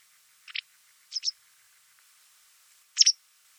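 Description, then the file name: White wagtail calling with short high double chirps, three brief calls over a few seconds in quiet surroundings. "Motacilla alba"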